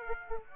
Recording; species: mosquito wingbeat signal from an infrared sensor; Aedes aegypti